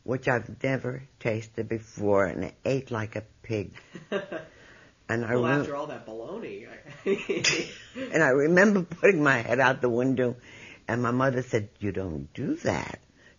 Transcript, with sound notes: which I had never tasted before and ate like a pig.
(he laughs) And after all that bologna! (they laugh)
And I remember putting my head out the window and my mother said, "You don't do that!